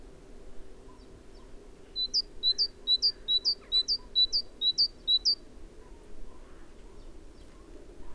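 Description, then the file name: Great tit song: a steady run of several quick two-note whistled phrases over a low background hum. "Parus major"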